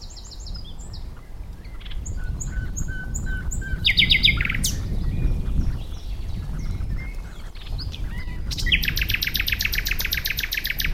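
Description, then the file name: Common nightingale song: scattered whistles and short note groups, then a long fast buzzy trill near the end, over steady low rumble. "Luscinia megarhynchos"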